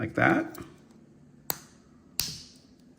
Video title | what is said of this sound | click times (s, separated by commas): Porsche 911 992 generation key fob battery replacement | And it gives you a pretty nice click. | 1.5 s, 2.2 s